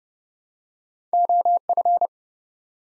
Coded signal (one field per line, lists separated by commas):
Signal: Morse code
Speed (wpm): 29 wpm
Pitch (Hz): 700 Hz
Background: none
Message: OF